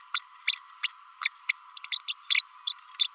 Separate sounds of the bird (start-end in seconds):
0.14-0.19, 0.47-0.55, 1.23-1.29, 1.49-1.52, 1.92-1.98, 2.08-2.13, 2.30-2.42, 2.67-2.74, 2.99-3.04